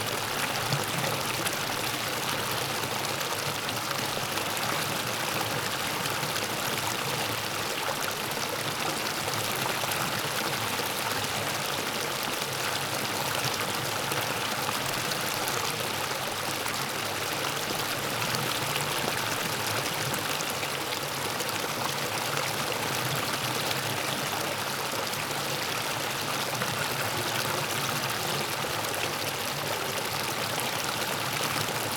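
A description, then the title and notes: A creek cascades steadily over rocks, its rushing water dense and unbroken for the whole stretch. The sound is bright and hissy with a fine trickling texture, holding an even loudness throughout, with no other sounds intruding. Cascading Creek - Flowing Water.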